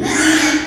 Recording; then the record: squeal of a Yucatan mini pig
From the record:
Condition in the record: after surgery on the right vocal fold (resection and tissue-engineered implant); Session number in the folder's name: 3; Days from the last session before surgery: 33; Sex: male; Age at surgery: 12 weeks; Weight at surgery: 13 kg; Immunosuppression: cyclosporine, prednisolone